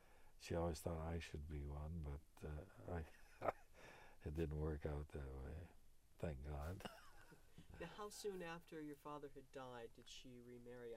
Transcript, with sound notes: She always thought I should be one but I, (he laughs) it didn't work out that way, thank God.
Now soon after your father had died did she remarry?